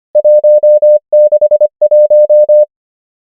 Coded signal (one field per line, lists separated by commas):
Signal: Morse code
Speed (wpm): 25 wpm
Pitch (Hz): 600 Hz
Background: none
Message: 1 6 1